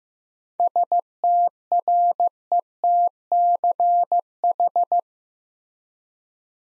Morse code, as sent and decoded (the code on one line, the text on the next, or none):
... - .-. . - -.-. ....
STRETCH